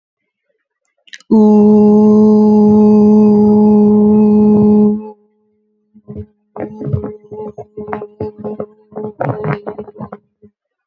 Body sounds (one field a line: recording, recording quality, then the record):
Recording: sustained vowel as in boot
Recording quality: excellent, no background noise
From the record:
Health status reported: healthy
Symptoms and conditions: none ticked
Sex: female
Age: 21 years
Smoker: not ticked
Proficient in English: yes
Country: India